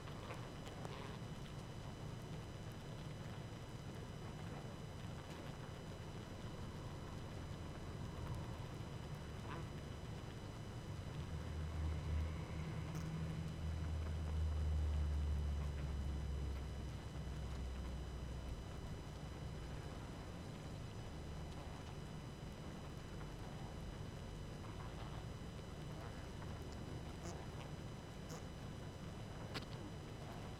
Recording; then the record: honeybee colony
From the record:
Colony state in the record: active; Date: 12 June 2018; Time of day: 19:41